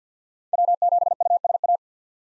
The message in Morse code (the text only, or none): W7USA